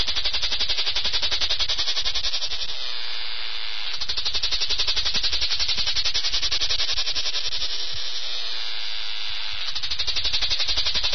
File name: lyristes plebejus